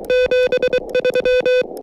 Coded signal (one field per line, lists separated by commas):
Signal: Morse code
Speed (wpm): 23 wpm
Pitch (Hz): 500 Hz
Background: music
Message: 73